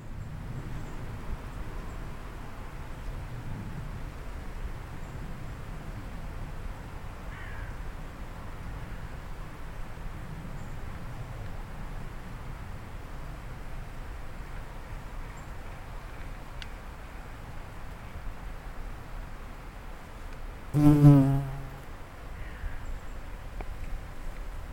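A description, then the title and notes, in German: A quiet midday valley: a soft, steady low hush of air and faint rumble fills the whole stretch. Around twenty-one seconds an insect buzzes past the microphone for about a second, loud and droning, then the stillness returns. Stille im Achental + Insekt (Chiemgau). Achental (Chiemgau, Oberbayern) am Mittag.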